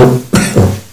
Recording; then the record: coughing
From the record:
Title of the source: Mid-morning Winter Coughing Fit